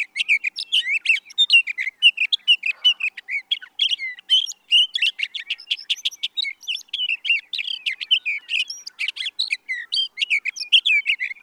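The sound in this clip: Sage thrasher delivering a sustained, fast-paced warbling song, a nonstop medley of chirps, trills and squeaky notes.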